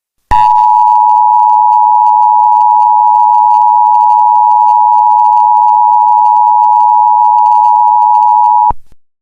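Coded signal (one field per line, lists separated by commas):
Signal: Emergency Alert System (SAME) tones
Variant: 853 and 960 Hz attention tone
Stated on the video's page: Fictional EAS scenario about an insurrection in Indiana.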